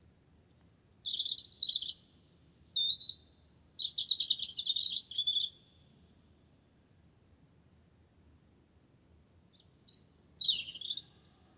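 Wren song in two bursts: a quick cascade of high twittering notes and trills, a long pause, then the song starts again near the end.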